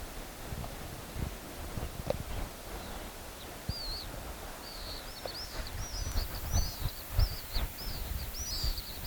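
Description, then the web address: Pale swift screams, high curved notes starting after a few seconds and quickening into a loose series, set against steady low-pitched background rumble. "chant xeno-canto martinet pale"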